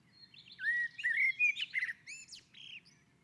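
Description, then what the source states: Common blackbird song, a smooth fluted warble wavering around a single pitch band, ending with a few sharp high twitters. On a roof.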